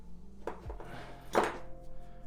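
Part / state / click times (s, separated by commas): rear brake line fitting in the soft brake hose / stripped / 0.5 s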